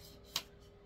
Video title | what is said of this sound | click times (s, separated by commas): DITL: Cooking- Shop- Shein Order | That's one little click. | 0.4 s